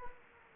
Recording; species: mosquito wingbeat signal from an infrared sensor; Anopheles gambiae